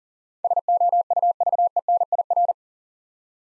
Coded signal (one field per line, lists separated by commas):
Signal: Morse code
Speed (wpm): 39 wpm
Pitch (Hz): 700 Hz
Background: none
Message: SOUVENIR